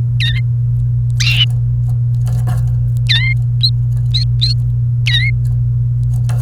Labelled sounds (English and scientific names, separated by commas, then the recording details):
Domestic Canary (Serinus canaria) song
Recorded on 28 April 2018 at 14:11
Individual llb3